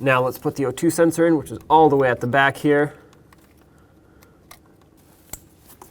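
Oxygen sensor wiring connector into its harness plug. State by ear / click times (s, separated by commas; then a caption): seated / 5.3 s. Someone talks, then the plastic electrical connector of the oxygen sensor at the back of the engine on a 2009-2019 Ford Flex is pushed together into its harness plug, with a few faint ticks before it. The connector seats with a sharp click at 5.3 s. Its retainer is broken, so it cannot be re-secured in place.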